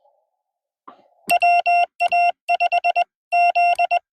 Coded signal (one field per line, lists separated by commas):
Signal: Morse code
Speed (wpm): 21 wpm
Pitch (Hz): 700 Hz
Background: none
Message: WA5Z